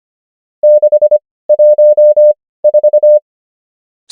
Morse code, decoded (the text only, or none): 614